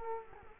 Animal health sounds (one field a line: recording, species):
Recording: mosquito wingbeat signal from an infrared sensor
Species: Culex quinquefasciatus